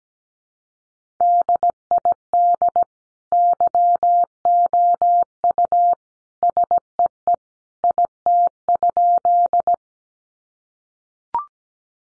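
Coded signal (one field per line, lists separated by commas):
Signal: Morse code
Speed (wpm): 17 wpm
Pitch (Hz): 700 Hz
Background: none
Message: DID YOU SEE IT?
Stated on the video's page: Morse practice of sentences built from the top 100 words at 17 wpm, each sent, spoken, then sent again.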